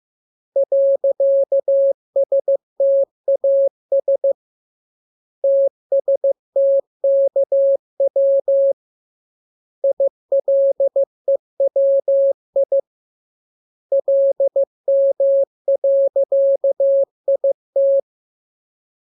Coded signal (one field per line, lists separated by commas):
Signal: Morse code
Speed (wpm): 15 wpm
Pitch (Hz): 550 Hz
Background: none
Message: .STAS TSTKW ILEWI LM.IT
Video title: Learning Morse Code. Lesson 13. Letter KMURESNAPTLWI.